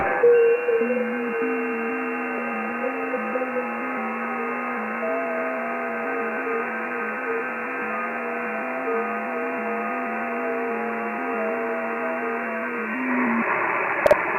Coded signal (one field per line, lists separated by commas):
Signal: FT8